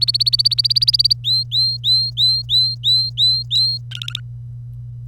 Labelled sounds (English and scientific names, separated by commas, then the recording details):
Domestic Canary (Serinus canaria) song
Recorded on 25 April 2018 at 07:32
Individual llb3